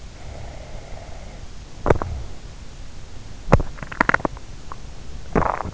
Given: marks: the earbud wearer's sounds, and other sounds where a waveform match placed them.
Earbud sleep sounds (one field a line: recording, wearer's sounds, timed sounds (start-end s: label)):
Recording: sounds in sleep by an in-ear microphone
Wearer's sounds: snoring breath, teeth grinding, swallowing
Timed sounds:
0.20-2.31 s: snoring breath
1.69-2.26 s: teeth grinding
3.42-4.88 s: teeth grinding
5.32-5.74 s: swallowing